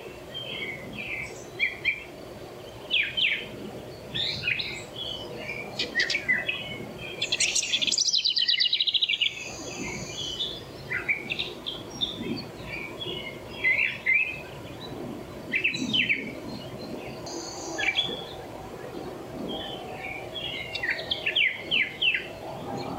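Many birds call and sing at once in the early morning woods, with short bright chirps and trills overlapping almost without pause. One loud call rings out around eight seconds, and a steady low rumble of noise sits underneath throughout.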